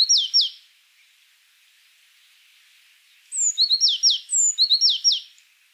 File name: Cyanistes cyanus